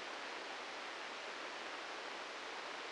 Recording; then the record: brain microelectrode recording played as sound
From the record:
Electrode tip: inside the subthalamic nucleus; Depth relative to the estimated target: 2 mm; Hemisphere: right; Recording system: NeuroSet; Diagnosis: Parkinson's disease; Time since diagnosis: 9 years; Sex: male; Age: 56 years